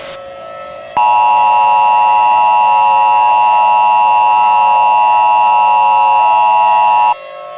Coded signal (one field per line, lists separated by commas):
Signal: Emergency Alert System (SAME) tones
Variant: 853 and 960 Hz attention tone